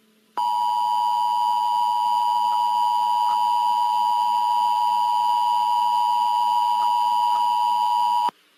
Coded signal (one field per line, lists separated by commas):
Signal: Emergency Alert System (SAME) tones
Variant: 853 and 960 Hz attention tone